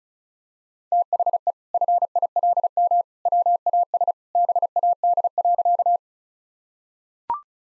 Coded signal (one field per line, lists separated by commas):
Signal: Morse code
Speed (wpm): 36 wpm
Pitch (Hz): 700 Hz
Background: none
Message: THE FILM WAS BAD.